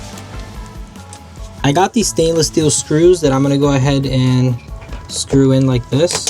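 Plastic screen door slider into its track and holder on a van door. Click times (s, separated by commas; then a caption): 1.1 s. A plastic screen door slider on a camper van door sits in its track and is pressed into the mating piece on the door, seating with a sharp, short click at 1.1 s. Music plays in the background throughout, and after the click someone talks.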